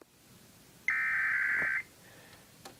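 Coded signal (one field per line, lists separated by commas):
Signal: Emergency Alert System (SAME) tones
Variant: header bursts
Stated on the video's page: Compilation of EAS required weekly and monthly tests from radio and TV stations, one a failed test.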